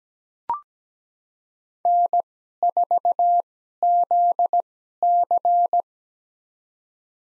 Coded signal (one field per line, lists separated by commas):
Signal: Morse code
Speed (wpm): 17 wpm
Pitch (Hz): 700 Hz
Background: none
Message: N4ZC